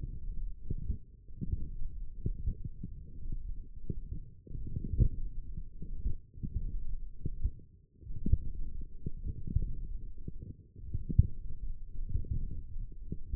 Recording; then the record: forearm muscle sounds (acoustic myography)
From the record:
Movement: forearm supination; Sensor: system 1, eight BSWA MPA416 microphones around the upper forearm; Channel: 4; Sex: male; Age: 42 years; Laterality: right